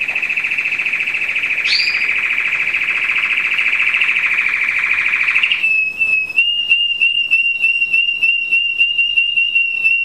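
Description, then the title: American Singer canary song: a long rolling trill held near one pitch for about five seconds, then a steady whistled tone broken by rapid ticking pulses. "Kenari American Singer"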